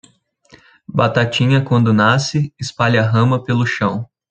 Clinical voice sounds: short text; Brazilian Portuguese; male; 20 to 29 years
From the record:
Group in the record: control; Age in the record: 22 years

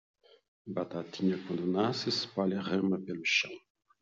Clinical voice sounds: short text; Brazilian Portuguese; male; 60 to 69 years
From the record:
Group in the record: control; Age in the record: 60 years

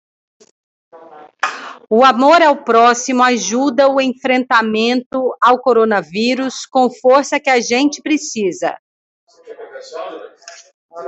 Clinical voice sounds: spoken sentence; Brazilian Portuguese; female; 40 to 49 years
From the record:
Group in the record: control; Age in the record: 42 years

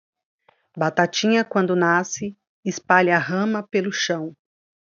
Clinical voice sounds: short text; Brazilian Portuguese; female; 40 to 49 years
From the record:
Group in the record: control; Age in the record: 42 years

